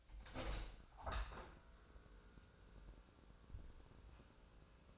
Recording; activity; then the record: daily activity, microphone in the room; open window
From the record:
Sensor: 2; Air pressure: 1000.3 hPa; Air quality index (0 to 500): 159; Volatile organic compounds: 3 ppm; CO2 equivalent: 1321 ppm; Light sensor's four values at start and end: 11/30/11/13 and 11/31/12/14